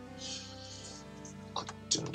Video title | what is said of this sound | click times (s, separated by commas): Lego Building Video - 42123 McLaren Senna GTR 1st Part | Clicked into place. | 1.9 s